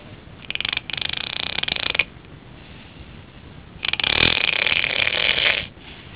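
Two harsh, rattling snores from an adult, each lasting about one and a half to two seconds and separated by a quiet pause, with a fluttering quality at the start of each. This is snoring from vibration of the soft tissues of the upper airway during sleep.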